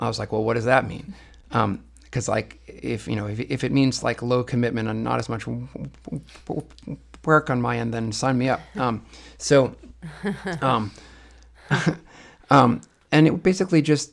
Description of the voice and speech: A person who stutters.